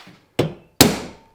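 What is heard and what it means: A headlight adjuster piece for a Vanagon is set into the top outside corner of the headlight housing and pressed down. Two sharp snaps ring out at 0.4 s and 0.8 s, the second louder, each fading over a fraction of a second. The adjuster piece pops into place and is seated.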